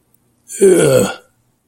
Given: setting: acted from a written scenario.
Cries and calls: vocal sound without words; disgust

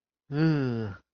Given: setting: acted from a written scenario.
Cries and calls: vocal sound without words; embarrassment

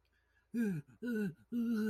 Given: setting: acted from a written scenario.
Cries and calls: vocal sound without words; distress

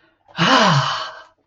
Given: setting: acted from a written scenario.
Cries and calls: vocal sound without words; triumph

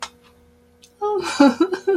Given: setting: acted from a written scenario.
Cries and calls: vocal sound without words; amusement

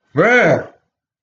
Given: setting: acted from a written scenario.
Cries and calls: vocal sound without words; fear

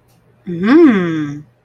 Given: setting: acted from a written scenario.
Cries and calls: vocal sound without words; desire

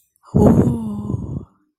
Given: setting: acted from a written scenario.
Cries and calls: vocal sound without words; ecstasy

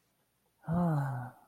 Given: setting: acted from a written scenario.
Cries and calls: vocal sound without words; romantic love

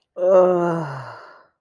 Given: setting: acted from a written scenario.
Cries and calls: vocal sound without words; desire

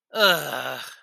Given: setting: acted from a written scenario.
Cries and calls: vocal sound without words; negative surprise

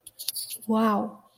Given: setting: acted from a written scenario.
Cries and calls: vocal sound without words; awe

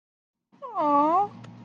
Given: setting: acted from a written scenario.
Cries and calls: vocal sound without words; awe

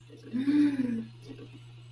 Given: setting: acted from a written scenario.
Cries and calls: vocal sound without words; awe

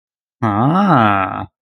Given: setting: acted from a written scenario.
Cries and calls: vocal sound without words; interest

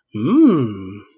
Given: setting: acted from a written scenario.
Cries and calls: vocal sound without words; desire

